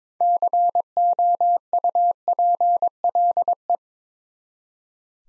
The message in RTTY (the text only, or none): none